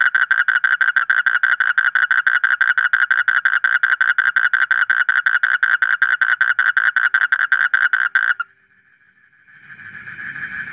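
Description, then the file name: Asian common toad giving a long, even trill of rapid pulses at mid pitch for about eight seconds, then stopping, followed by quiet and a faint rising background hiss. "suara kodok bangkong kolong kodok buduk"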